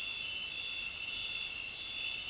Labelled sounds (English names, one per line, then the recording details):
none
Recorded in secondary vegetation near Puerto Asís, Putumayo, Colombia, on 23 June 2025 at 19:00
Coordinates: 0.499, -76.323
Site G077